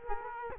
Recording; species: mosquito wingbeat signal from an infrared sensor; Culex quinquefasciatus